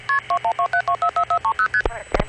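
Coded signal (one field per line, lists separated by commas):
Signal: multi-frequency trunk signalling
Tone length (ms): 90 ms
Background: speech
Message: KP2127244430ST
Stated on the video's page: Vintage 1970s electromechanical telephone network sounds.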